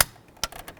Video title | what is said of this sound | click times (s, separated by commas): How to Replace Mirror Switch 1994-2004 Chevy S-10 | and then we'll carefully push it down and listen for a click | 0.0 s